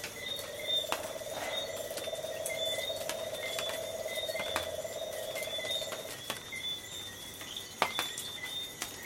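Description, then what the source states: Tree frog: a rapid pulsed trill holds for several seconds, then stops, while high insect buzzing bands continue with occasional clicks. Tree frogs and insects calling on the coast at night.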